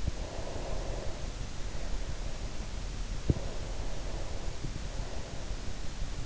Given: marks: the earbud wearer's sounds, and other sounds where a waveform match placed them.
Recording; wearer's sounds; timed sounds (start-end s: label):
sounds in sleep by an in-ear microphone; breath
0.36-2.44 s: breath
2.96-5.69 s: breath